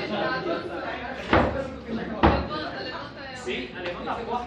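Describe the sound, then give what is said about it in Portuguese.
Two loud, sharp bangs as a classroom door is banged shut, about a second apart, cut through steady background chatter from many voices. “Ah, só sei bater duas vezes na porta.”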